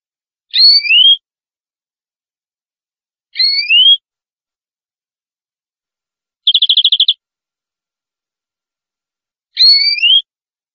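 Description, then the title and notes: Canary notes: sparse paired whistles that rise and slur, repeated about every three seconds, with one short rapid trill in between. Quiet silences separate them. Canary masteran song, a training song played to cage birds to make them sing more intensely. "PANCINGAN SUARA MASTERAN KENARI BIKIN BURUNG MAKIN MENGGILA. masteran kicau kenari"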